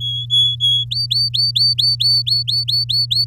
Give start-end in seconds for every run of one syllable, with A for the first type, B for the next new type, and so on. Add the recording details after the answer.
0.00-0.85 A, 0.91-3.25 B. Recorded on 10 May 2018 at 15:27. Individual llb16